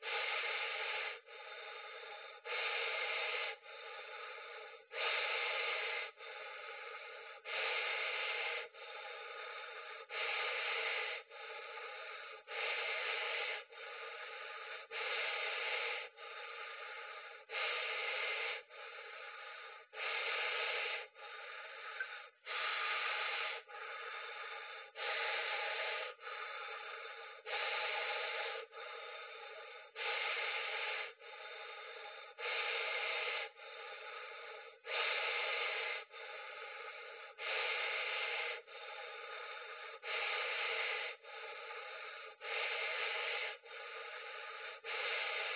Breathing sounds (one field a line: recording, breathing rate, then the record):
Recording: paced breathing near a phone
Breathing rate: 24 breaths a minute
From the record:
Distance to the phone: 40 cm